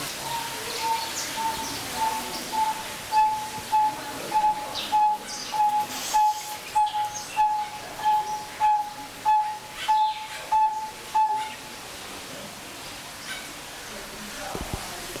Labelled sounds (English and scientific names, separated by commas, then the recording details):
Vieillot's Barbet (Lybius vieilloti) call
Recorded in captivity
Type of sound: call
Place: Zoo Berlin, Berlin, DE
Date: 1996-01-21 12:58
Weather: sonnig, -8°C
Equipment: Sony MD-WM MZ-R3, Hama Mikro
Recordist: Tembrock, Günter
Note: Rufreihe